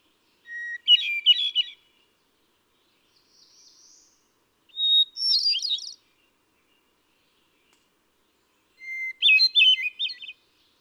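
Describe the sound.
Hermit thrush singing three separate fluty phrases, each opening with a steady pure note and breaking into swirling trills, with pauses between and a faint high phrase between the first two.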